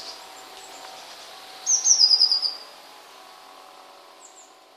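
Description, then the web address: Eurasian blue tit giving one song phrase, a high lead-in note and then a rapid trill lasting under a second, over steady hiss. "wroblowe kolekcja modraszka"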